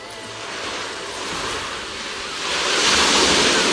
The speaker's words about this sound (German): So, wir haben ein bisschen das Fenster aufgemacht. Das geht nach hinten zum Meer raus. Da fliegen gerade ein paar Möwen hier am Studiofenster vorbei. Das ist eine frische Brise, die vom Meer herkommt.